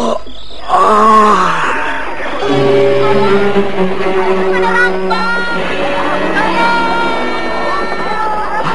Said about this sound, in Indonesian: Kenapa semakin jauh teriakan minta tolong itu?